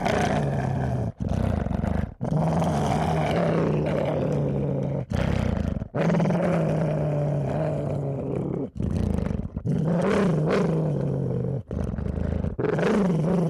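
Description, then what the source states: Dog growling deeply in long rumbling bouts, broken by short pauses. Growling viciously.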